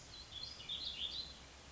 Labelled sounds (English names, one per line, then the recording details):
Warbling Vireo
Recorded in Sonoma County, California